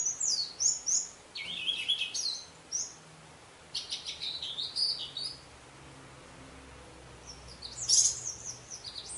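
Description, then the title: Orange-headed thrush delivering varied, tumbling phrases of high whistles and buzzy notes, in bursts with brief pauses between them. "Anis Merah"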